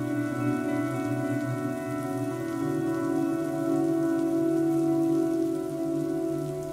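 Heavy rain pours down outside at night, growing ever heavier, in a steady, dense hiss that never lets up, with a low sustained tonal drone humming underneath the whole time.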